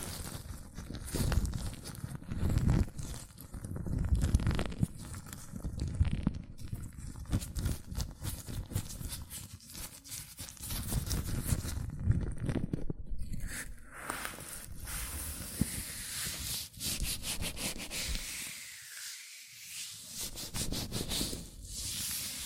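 Hands in latex gloves rub, squeak and flex against each other, with dense, irregular crinkling and snapping throughout. The first half is fuller and lower, with thumps and handling bursts; later the sound turns brighter and hissier, with a brief near-silent dip around 19 seconds.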